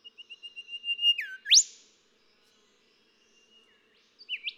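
Golden whistler song: repeated even whistles growing louder, ending in a dip and a whip-crack upsweep; a brief rising phrase follows after a pause.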